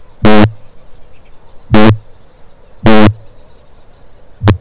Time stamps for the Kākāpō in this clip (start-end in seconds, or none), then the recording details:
0.00-4.61. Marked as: faintness 1/5. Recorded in New Zealand. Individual Stumpy